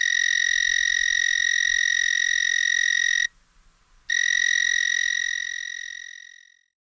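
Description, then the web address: Narrow-winged tree cricket singing a steady, high, continuous trill that breaks off briefly near the middle, then resumes and slowly fades away. "The Songs of Insects. Narrow-winged Tree Cricket"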